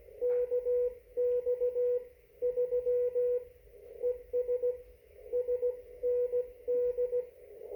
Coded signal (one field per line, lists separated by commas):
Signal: Morse code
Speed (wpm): 16 wpm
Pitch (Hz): 490 Hz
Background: radio noise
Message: KX3 ES SND